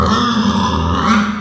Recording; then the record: squeal of a Yucatan mini pig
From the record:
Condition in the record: after surgery on the right vocal fold (resection and tissue-engineered implant); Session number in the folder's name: 15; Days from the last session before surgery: 175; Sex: female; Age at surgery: 19 weeks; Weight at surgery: 25 kg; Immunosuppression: prednisolone